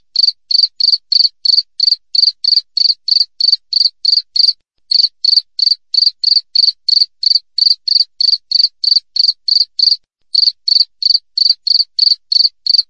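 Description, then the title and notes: Cricket chirping, short high-pitched pulses repeated about three times per second in a steady train, broken by brief pauses; no other sounds. Clear natural cricket chirping with tightly spaced pauses, made as a master track for training songbirds and for driving away rats. "Masteran Jangkrik Alam Jernih, Jeda Rapat Cocok Untuk Masteran Burung Dan Mengusir Tikus. suara jangkrik"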